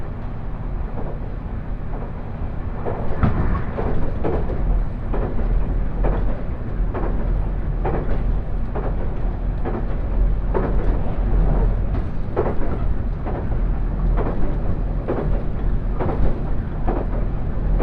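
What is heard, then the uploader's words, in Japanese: Onboard a limited express train under way, a dense, steady low rumble fills the carriage from start to finish. From about three seconds on, sharp wheel clacks over the rail joints repeat roughly once a second, with a faint airy hiss above. 大村線・佐世保線特急ハウステンボス26号 ハウステンボス→武雄温泉。ハウステンボスから特急ハウステンボス号で武雄温泉に向かいます。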